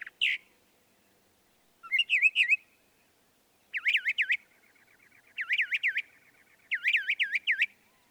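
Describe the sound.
Northern mockingbird song: a short opening call, then bursts of three to five quick, looping, up-and-down notes separated by pauses.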